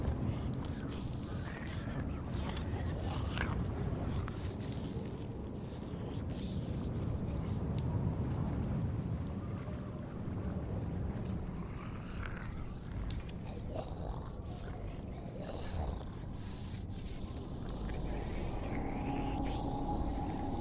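Zombie ambience: a thick, low, guttural growling and moaning runs without pause, rough and heavy throughout. Scattered wet clicks and snaps break through at irregular moments, and a thin steady tone rises faintly near the end.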